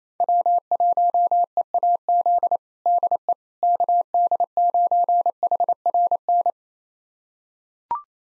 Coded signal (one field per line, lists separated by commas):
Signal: Morse code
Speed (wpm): 27 wpm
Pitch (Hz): 700 Hz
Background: none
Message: W1EAZ DE KD9HRN